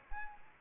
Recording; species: mosquito wingbeat signal from an infrared sensor; Anopheles arabiensis